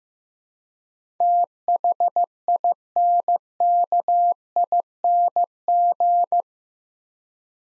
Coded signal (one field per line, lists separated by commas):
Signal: Morse code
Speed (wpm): 15 wpm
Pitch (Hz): 700 Hz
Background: none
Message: THINKING